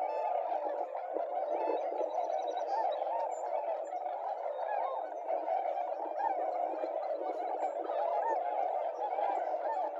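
Tundra swans calling together in a thick, gargling wall of hoots and honks that never stops, with occasional faint high chirps.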